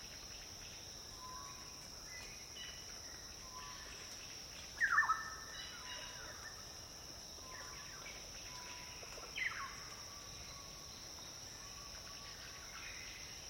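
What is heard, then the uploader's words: Birdsong in a cloud forest, with short whistles and chirps scattered across the clip from several birds. Two louder, sharper calls ring out near five and nine seconds. A steady high insect hiss runs underneath throughout. Forest In The Clouds. A selection of wildlife and nature sounds from Ethiopia's cloud forest.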